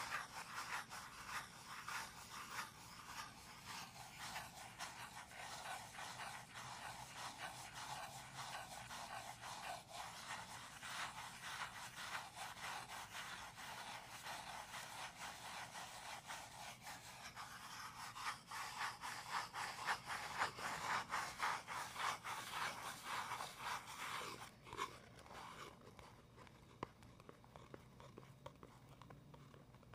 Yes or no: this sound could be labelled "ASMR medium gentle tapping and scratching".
yes